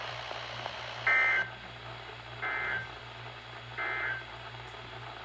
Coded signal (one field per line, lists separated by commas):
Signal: Emergency Alert System (SAME) tones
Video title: EAS Wonderland (2) Alerts from 7/2/22 (EAS #281 - 285)